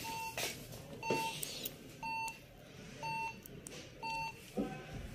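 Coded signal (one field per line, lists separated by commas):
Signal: beep code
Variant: HP business desktop BIOS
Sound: five short mid-pitched beeps, one each second, with clicks and rustling between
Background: handling noise, fan noise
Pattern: 5 short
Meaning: Five beeps on an HP desktop indicate a pre-video memory (RAM) error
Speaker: है ये लाइट व्हाइट ही है ये और ये बंद हो रहा है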